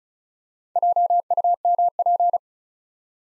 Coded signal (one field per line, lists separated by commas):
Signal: Morse code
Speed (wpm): 36 wpm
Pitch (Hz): 700 Hz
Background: none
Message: JUMP